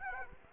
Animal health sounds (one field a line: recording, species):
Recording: mosquito wingbeat signal from an infrared sensor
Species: Aedes aegypti